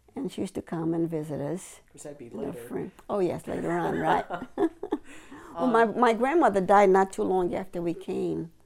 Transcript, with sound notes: and she used to come and visit us.
Of course that would be later.
Oh yes, later on. Right. (they laugh) Well, my grandmother died not too long after we came.